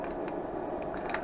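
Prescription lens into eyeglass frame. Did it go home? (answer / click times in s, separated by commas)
yes / 1.1 s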